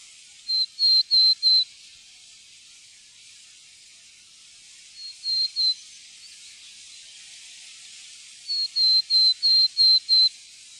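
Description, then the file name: Willow tit song: three runs of pure whistled notes, three to six per run, separated by quiet gaps. "granmeis"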